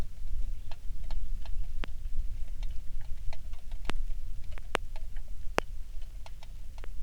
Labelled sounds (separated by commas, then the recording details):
songbird, rain
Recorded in the Prudhoe Bay oil fields, Alaska, on 27 July 2019 at 18:11
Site 19